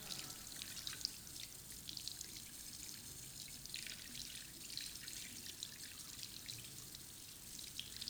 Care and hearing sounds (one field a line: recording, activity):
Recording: daily activity, guitar pickup as the sensor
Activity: wash hands